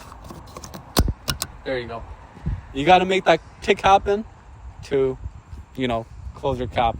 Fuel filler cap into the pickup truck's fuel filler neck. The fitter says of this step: until you hear a click wait